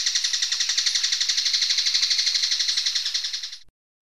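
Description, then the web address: Flammulated treehunter producing a steady, fast, buzzy rattle of regular pulses lasting over three seconds before stopping abruptly. Ecuador. "Birds of Ecuador. Flammulated Treehunter"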